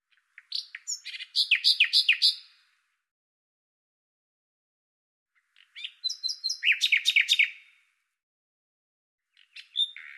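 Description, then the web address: Common nightingale singing: loud bursts of rapid, down-slurred notes in phrases spaced a few seconds apart, with a third phrase starting at the end. "Deverinetal 2025"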